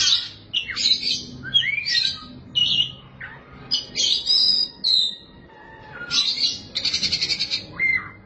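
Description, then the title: Oriental magpie-robin giving varied song phrases: squeaky whistles, buzzy chatters and a fast rattling series near the end, separated by short gaps. Kacer song. "Suara Kicauan Burung Kacer"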